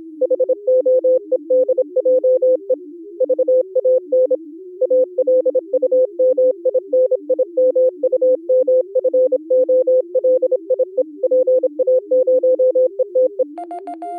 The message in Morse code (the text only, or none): HOEDJE VAN ALUMINIMUMFOLIE PA0ETE